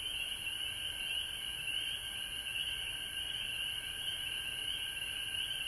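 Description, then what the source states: Continuous frog chorus of high trills, with a quieter lower band beneath. Recorded at home in Georgia on March 19, 2020.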